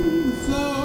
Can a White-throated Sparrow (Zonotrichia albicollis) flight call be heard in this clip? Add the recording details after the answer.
no. No flight call is heard. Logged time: 01:36 on 4 September 2014